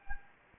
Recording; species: mosquito wingbeat signal from an infrared sensor; Anopheles gambiae